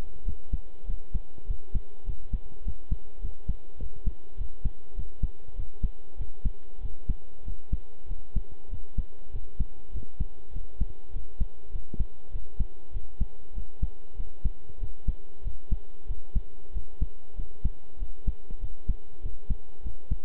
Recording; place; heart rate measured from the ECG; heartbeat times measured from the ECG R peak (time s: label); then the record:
heart sounds by stethoscope; between the tricuspid and mitral areas; 98 bpm
0.23 s: heartbeat
0.85 s: heartbeat
1.45 s: heartbeat
2.04 s: heartbeat
2.63 s: heartbeat
3.20 s: heartbeat
3.78 s: heartbeat
4.36 s: heartbeat
4.94 s: heartbeat
5.54 s: heartbeat
6.16 s: heartbeat
6.80 s: heartbeat
7.43 s: heartbeat
8.06 s: heartbeat
8.68 s: heartbeat
9.30 s: heartbeat
9.91 s: heartbeat
10.52 s: heartbeat
11.11 s: heartbeat
11.70 s: heartbeat
12.30 s: heartbeat
12.91 s: heartbeat
13.53 s: heartbeat
14.15 s: heartbeat
14.78 s: heartbeat
15.42 s: heartbeat
16.06 s: heartbeat
16.72 s: heartbeat
17.35 s: heartbeat
17.97 s: heartbeat
18.59 s: heartbeat
19.20 s: heartbeat
19.82 s: heartbeat
From the record:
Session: pedaling a stationary bicycle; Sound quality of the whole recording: good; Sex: male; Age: 23 years